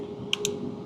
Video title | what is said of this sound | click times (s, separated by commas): Can This Simple Mod Change Your Tesla? | There we go, and we've got a click. | 0.3 s, 0.4 s